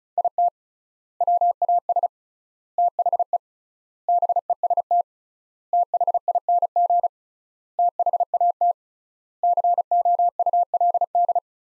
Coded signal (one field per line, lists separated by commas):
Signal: Morse code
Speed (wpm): 36 wpm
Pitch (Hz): 700 Hz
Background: none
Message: IT WAS THE BEST THING THAT COULD